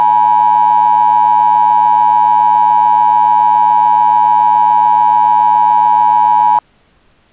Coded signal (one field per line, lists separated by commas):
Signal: Emergency Alert System (SAME) tones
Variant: 853 and 960 Hz attention tone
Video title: EAS Scenario: A Tempestuous Tease